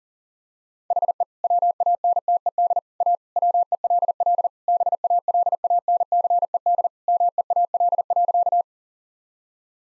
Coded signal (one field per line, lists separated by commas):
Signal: Morse code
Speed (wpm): 40 wpm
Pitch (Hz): 700 Hz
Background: none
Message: HE WANTED A WELL BALANCED MEAL.